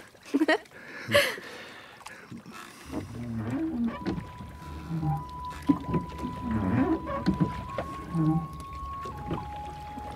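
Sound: rowboat moving on water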